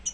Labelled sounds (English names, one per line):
Pine Warbler flight call